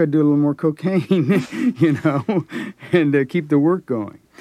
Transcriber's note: laughter